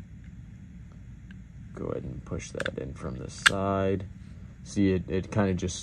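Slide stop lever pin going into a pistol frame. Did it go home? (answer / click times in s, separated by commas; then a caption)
no / none. A slide stop lever pin is lined up to be pushed in from the side of a Glock 19 pistol frame while a Kagwerks raised and extended slide release is being installed. Someone talks over quiet background hiss, with faint handling taps at about 0.2, 0.9 and 1.3 seconds. The pin has not been seated and no click has been heard yet.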